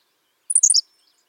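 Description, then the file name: Henslow's sparrow song, one short high-pitched insect-like phrase of clipped notes, over in a fraction of a second, with silence before and after. "Ammodramus henslowii - Henslow's Sparrow"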